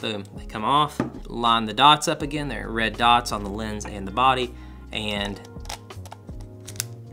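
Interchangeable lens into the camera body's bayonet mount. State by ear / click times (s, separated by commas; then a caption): seated / 6.8 s. A lens is remounted on a Contax G1 rangefinder camera body, with the red dots on the lens and body lined up and the lens twisted into the bayonet mount while someone talks over music. Small handling clicks follow, then a sharp, loud click at 6.8 s as the bayonet locks and the lens seats.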